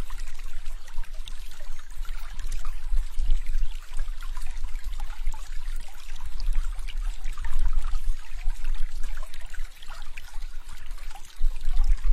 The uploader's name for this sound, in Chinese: 叮咚水流声